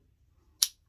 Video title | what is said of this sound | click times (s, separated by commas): M&P 15-22 Savage 22 Rifle #weapons #mp #shooting | just snaps back in | 0.6 s